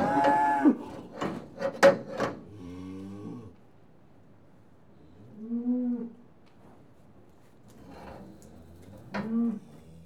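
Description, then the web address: Cattle lowing: a harmonic moo at the start, then a low drawn-out moo near three seconds, two shorter moos later, with scraping and knocking sounds in between. Cattle in a yard, TB tested. "BBC Sound Effects Library BBC 35-Livestock. Cattle TB Tested In Yard"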